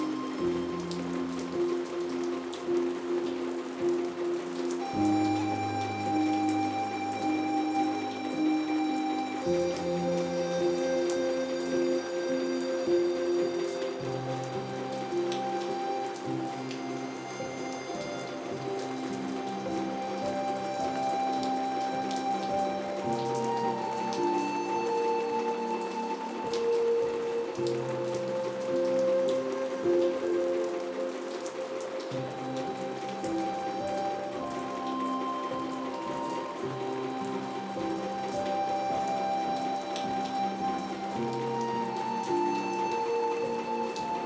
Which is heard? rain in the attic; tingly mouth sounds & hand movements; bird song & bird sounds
rain in the attic